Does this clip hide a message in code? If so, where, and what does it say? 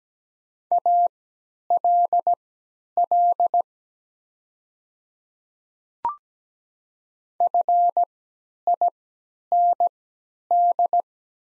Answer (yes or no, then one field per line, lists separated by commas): yes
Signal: Morse code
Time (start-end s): 0.7-11.0 s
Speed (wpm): 17 wpm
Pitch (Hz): 700 Hz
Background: none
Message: ALL FIND